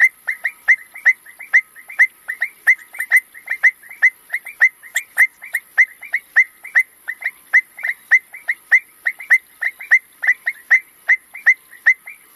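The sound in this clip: Frog calling in a steady, rapid series of short clicky peeps, several each second, with a faint constant high hiss behind.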